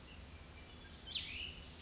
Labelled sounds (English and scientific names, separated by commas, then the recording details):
Cassin's Vireo (Vireo cassinii)
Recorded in Sonoma County, California